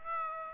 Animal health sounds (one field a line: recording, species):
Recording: mosquito wingbeat signal from an infrared sensor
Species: Aedes aegypti